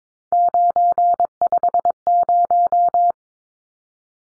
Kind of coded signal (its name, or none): Morse code